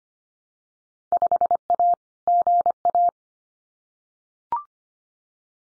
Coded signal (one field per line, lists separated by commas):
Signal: Morse code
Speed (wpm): 25 wpm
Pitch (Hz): 700 Hz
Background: none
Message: 5A GA